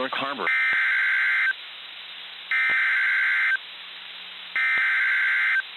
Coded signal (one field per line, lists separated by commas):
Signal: Emergency Alert System (SAME) tones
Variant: header bursts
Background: speech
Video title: Various EAS Alerts from Poughkeepsie, New York (9/9-10/2023) (EAS #126-129)